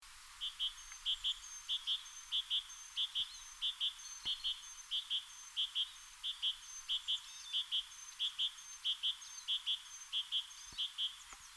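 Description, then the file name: Great tit repeating a bright, paired two-note phrase at a fast, even pace, with a faint high tone above and occasional soft clicks. "Parus major"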